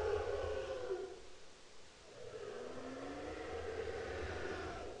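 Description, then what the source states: Humpback whale song: a hoarse tonal moan, then a faint upward sweep and another long moan, partly masked by constant low rumbling noise. Recorded in the Bering Strait on 5 October 2009.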